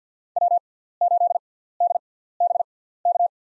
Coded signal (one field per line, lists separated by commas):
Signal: Morse code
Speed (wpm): 50 wpm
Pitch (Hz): 700 Hz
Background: none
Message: W8DBK